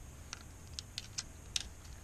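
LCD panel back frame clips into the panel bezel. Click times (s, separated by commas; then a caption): 0.3 s, 0.8 s, 1.0 s, 1.2 s, 1.6 s. After the LED backlight wire is routed, the metal and plastic back frame of a 15-inch LQ150X1LG45 LCD panel is pressed back into the panel bezel, and its clips snap home one after another. Five short, sharp clicks sound at 0.3, 0.8, 1.0, 1.2 and 1.6 seconds over a quiet hiss, the last one the loudest. The frame clips are seated back together.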